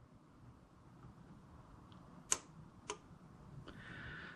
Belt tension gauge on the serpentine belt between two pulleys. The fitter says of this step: get it in between and then you'll hear it click